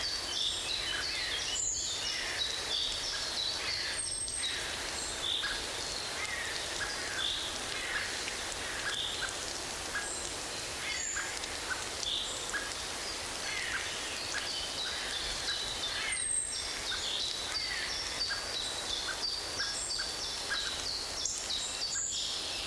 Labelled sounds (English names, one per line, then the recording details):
Common Blackbird call
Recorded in the wild
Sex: male
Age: adult
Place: Mühlenbecker Land, OT Summt, Brandenburg, DE
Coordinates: 52.6928, 13.3553
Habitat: spruce thicket
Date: 1988-07-09 15:00
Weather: fair, few clouds, 17-21°C, gusty winds
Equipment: Sony WM-D6C, Kopie Tesla B 116
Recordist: Tembrock, Günter